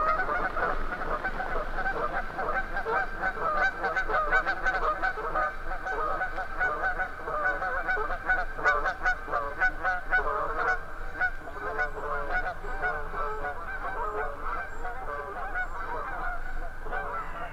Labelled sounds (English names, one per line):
Canada Goose call